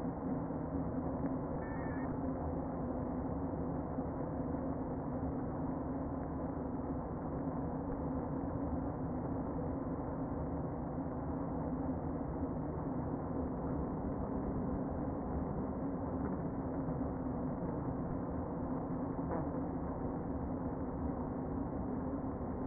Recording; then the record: honeybee colony, microphone inside the hive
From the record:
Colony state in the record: queen present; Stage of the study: before two queens were removed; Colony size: about 60,000 bees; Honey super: yes